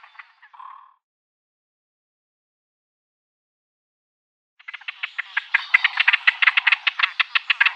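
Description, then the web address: Great crested grebe giving a few brief harsh notes, then after a silence a fast rattling series of grating calls. "Schulze Peter Great Crested Grebe"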